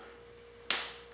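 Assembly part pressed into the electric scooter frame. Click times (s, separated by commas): 0.7 s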